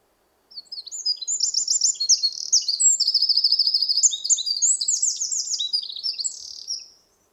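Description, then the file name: Eurasian wren singing one long, fast strophe of bright, piercing notes and quick trills, loud and run together for about six seconds, over quiet background. "Troglodytes troglodytes"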